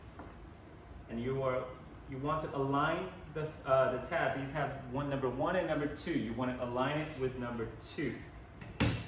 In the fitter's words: until you hear the click like that